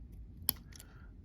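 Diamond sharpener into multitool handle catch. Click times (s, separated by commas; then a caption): 0.5 s. A diamond sharpener is pushed into the handle of a Leatherman multitool and held there by a small catch. One sharp, loud click at 0.5 s, followed by a couple of faint ticks around 0.8 s. The sharpener is seated and locked in place.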